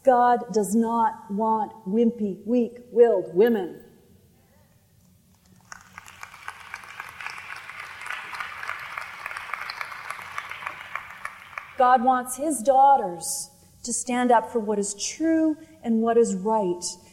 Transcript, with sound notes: God does not want wimpy weak-willed women. (Applause) God wants His daughters to stand up for what is true and what is right.